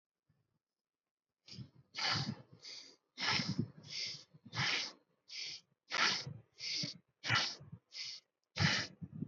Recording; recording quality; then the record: shallow breathing; excellent, no background noise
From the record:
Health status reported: healthy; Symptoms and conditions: none ticked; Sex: male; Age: 26 years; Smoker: not ticked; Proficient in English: yes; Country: India